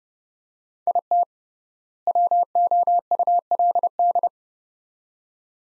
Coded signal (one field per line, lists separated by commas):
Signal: Morse code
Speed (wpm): 30 wpm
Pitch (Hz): 700 Hz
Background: none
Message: IT WOULD